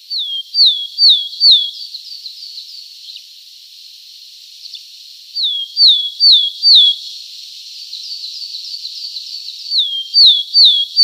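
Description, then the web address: Willow tit song of pure descending whistles, in three short phrases of about four notes each. "Schulze Peter Willow Tit song"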